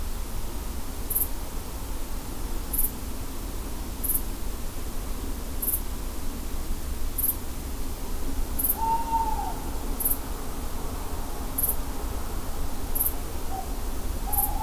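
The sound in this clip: Owl hooting faintly, a drawn-out falling note in the second half followed by two shorter hoots near the end, against constant low rumble and regular faint ticks.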